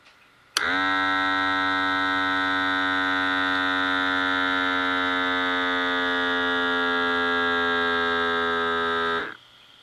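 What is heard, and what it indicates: A steady electric pump hum with a tonal whine, lasting about nine seconds, as an upper-arm automatic blood pressure monitor inflates its cuff, recorded from a desk. The reading that follows indicates mild hypertension in a person taking hypertension medication.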